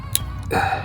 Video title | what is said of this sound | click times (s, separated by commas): How to install a 2-step | you hear that click | 0.2 s